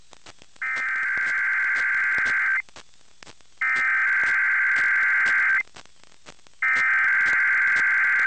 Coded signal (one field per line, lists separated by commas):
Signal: Emergency Alert System (SAME) tones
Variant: header bursts